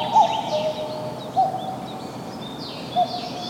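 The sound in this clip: Cuckoo calling: a few short hooting notes with pauses between, faint high bird chirps behind.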